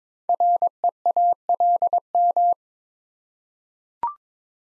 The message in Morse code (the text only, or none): REALM